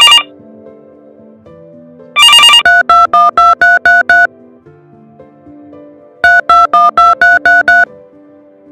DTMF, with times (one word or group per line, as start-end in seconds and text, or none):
2.6-4.3 3212333
6.2-7.8 3212333